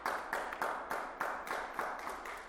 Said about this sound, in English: Clap for yourself.